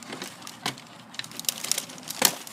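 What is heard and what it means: A magazine is pushed into the magwell of an airsoft rifle, with scattered light plastic handling clicks and crinkling at about 0.7, 1.2, 1.5, 1.7 and 1.8 seconds. The loudest, sharpest click comes at 2.3 seconds as the magazine seats and fits right in.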